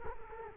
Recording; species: mosquito wingbeat signal from an infrared sensor; Culex quinquefasciatus